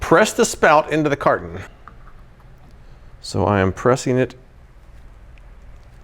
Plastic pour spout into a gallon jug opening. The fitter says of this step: I'm pressing it in. It doesn't like snap into place.